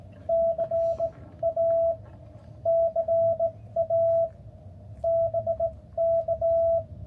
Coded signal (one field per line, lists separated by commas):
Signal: Morse code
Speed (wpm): 19 wpm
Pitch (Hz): 660 Hz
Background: radio noise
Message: CA CA BK